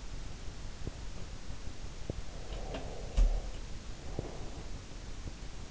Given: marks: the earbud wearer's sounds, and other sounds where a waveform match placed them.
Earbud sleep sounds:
sounds in sleep by an in-ear microphone; teeth grinding
0.75-1.38 s: teeth grinding
1.98-2.24 s: teeth grinding
3.03-3.44 s: sound from someone else or the room

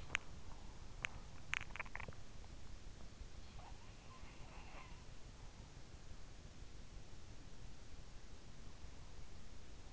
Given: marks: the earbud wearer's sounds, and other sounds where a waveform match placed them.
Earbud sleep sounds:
sounds in sleep by an in-ear microphone; swallowing
0.00-2.21 s: swallowing
3.53-4.99 s: sound from someone else or the room

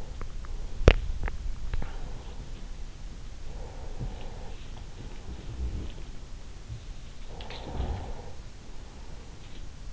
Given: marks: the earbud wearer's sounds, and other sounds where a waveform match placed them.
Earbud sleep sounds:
sounds in sleep by an in-ear microphone; swallowing
0.00-1.98 s: swallowing
3.51-9.69 s: sound from someone else or the room

